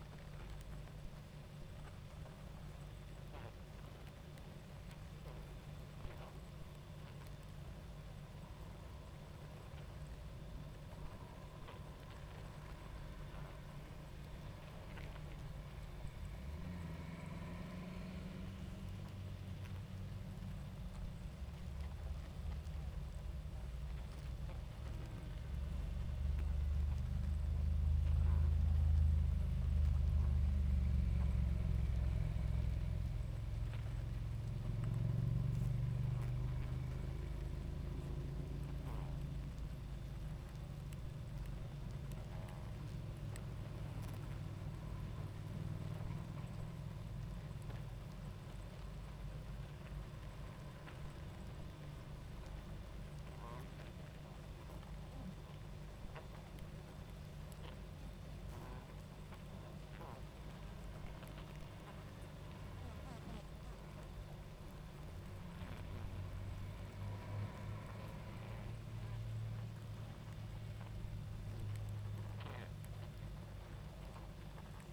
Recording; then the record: honeybee colony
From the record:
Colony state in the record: active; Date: 28 July 2017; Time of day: 21:56